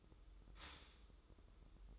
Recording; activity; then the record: daily activity, microphone in the room; stop toaster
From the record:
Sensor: 3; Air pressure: 995.2 hPa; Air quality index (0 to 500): 75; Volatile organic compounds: 5 ppm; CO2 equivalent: 1773 ppm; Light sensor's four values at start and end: 18/55/23/20 and 18/55/23/20